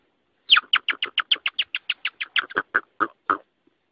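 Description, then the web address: Rock hyrax calls: a quick run of many harsh chirping notes that becomes lower, rougher and more widely spaced toward the end. "aswat Wabbar 01"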